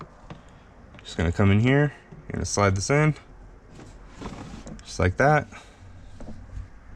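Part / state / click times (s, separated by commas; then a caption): plastic cabin air filter cover into the HVAC housing behind the glove box / not seated / none. A new cabin air filter is slid into the HVAC housing behind the glove box of a 2017 Mazda CX-5 while someone talks, with a few faint knocks of handling. The plastic filter access cover has not yet been pressed in, so nothing has seated or clicked yet.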